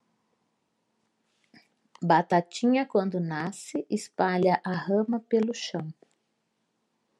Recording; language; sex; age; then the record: short text; Brazilian Portuguese; female; 50 to 59 years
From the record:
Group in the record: control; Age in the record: 57 years